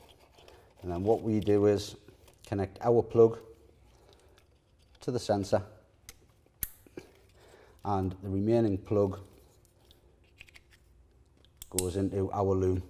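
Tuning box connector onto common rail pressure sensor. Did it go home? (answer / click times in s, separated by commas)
yes / 6.6 s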